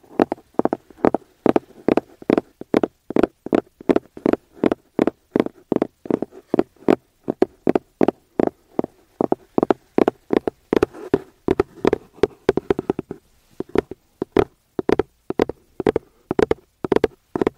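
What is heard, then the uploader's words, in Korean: Fingertips tap on the case of an aroma oil bottle in quick, fairly even bursts, each tap short and crisp with a hollow, knocking body. The tapping runs almost nonstop, pausing only briefly near the thirteen-second mark, and sounds close. ASMR 노토킹 아로마오일, 케이스 탭핑.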